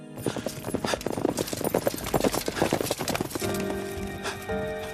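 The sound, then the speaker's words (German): Quick, irregular hoof clip-clops patter for a few seconds, then a huge, well-groomed purebred white stallion lets out a drawn-out, wavering whinny with a steady tonal pitch. No one speaks. “Das weiße Pferd des Sterbenden stand ein paar Schritte entfernt. Es war ein gewaltiger Hengst, sehr gepflegt und reinrassig.”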